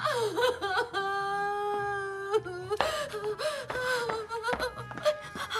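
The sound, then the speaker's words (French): A woman sobs and weeps, her voice rising into long, wavering wails broken by sharp gasping catches of breath, loud and unaccompanied by speech. “Quel besoin d'accabler mon cœur de vos douleurs quand vous y pouvez tout, sans le secours des pleurs.”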